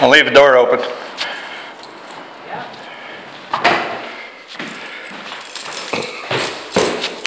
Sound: sounds of descending stairs and exiting the building